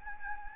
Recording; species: mosquito wingbeat signal from an infrared sensor; Anopheles gambiae